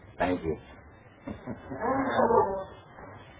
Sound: chuckling